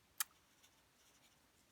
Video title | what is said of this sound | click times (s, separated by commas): Hanging Garden All Occasion Card | When you're done using them, put the cap back on. Make sure you hear the click, otherwise they're going to dry out for you. | 0.2 s